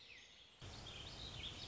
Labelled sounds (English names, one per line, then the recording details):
Warbling Vireo
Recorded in Sonoma County, California